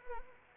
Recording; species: mosquito wingbeat signal from an infrared sensor; Anopheles arabiensis